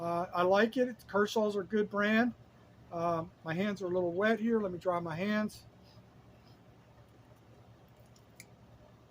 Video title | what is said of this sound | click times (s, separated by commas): Tool Talk --- Restoring Rusty Pliers | it locks into place has a little clasp there so | 8.4 s